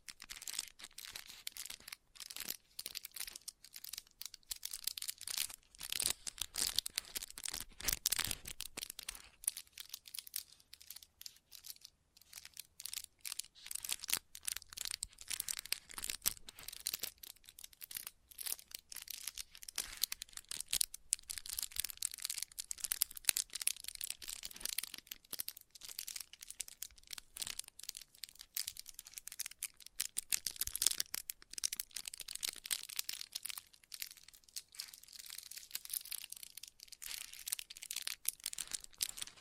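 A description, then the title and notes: An assortment of crinkly triggers, with paper or wrapping being crumpled and rustled in dense, irregular bursts from start to finish. The sound is bright and crackly, with little low end, and it swells and eases in short waves with brief quieter gaps. No voice is heard. Christmas Trigger Assortment (No Talking).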